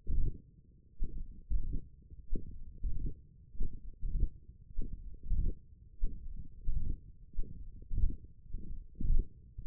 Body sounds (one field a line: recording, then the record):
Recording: forearm muscle sounds (acoustic myography)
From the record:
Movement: hand closing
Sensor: system 1, eight BSWA MPA416 microphones around the upper forearm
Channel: 4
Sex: male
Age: 21 years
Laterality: right